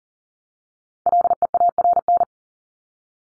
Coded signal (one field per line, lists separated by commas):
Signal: Morse code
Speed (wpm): 40 wpm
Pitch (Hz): 700 Hz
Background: none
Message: LEARN